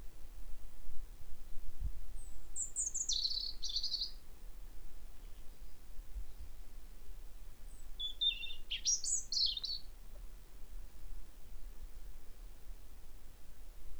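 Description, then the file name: European robin singing two separate phrases of high, fast, tumbling notes with descending slurs, separated by a quiet gap, over steady low background hum. "Erithacus rubecula"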